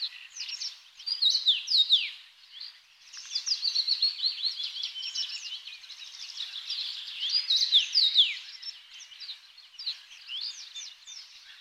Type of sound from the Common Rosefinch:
song